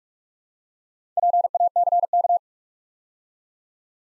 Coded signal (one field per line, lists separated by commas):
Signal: Morse code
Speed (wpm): 44 wpm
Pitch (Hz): 700 Hz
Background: none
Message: PACK